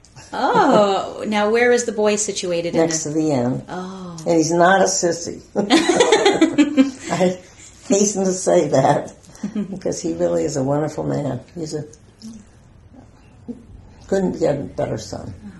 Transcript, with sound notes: Now where is the boy situated?
Next to the end. And he's not a sissy. [laughter] I hasten to say that, because he really is a wonderful man. Couldn't get a better son.